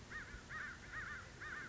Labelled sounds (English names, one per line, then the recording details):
American Crow
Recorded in Sonoma County, California